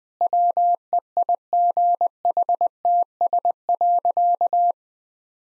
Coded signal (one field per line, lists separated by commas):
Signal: Morse code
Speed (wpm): 20 wpm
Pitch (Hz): 700 Hz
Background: none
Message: WEIGHTS.